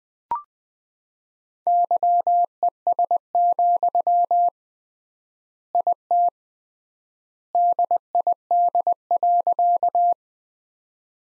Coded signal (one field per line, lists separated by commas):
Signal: Morse code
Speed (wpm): 20 wpm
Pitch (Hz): 700 Hz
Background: none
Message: YES, IT DID.